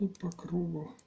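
While a Soviet "Kharkov" electric razor is being reassembled for servicing, a small metal spring or retaining ring is handled and pressed toward its circular seat in the razor housing as someone talks. Nothing has seated or clicked yet.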